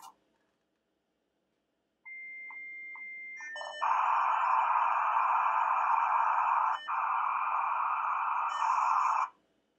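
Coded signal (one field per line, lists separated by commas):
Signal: dial-up modem handshake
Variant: US Robotics modems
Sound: steady high answer tone with short breaks, then loud broad hissing data noise, abrupt stop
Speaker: and they both connected and the lights on the modems are showing a carrier detect and all of that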